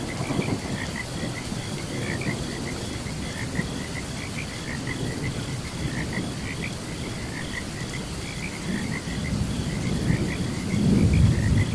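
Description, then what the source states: Frogs give short bright notes in rapid series over heavy rain and low thunder rumble that swells toward the end, with a faint continuous high buzz. Frogs chirping alongside crickets during a thunderstorm.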